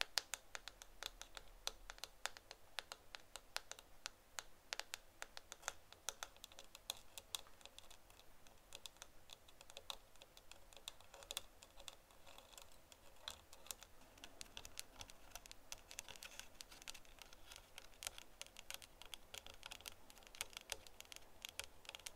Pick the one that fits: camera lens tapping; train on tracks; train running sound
camera lens tapping